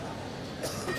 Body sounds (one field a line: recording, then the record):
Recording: coughing mixed with background sound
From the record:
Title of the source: Coughing 79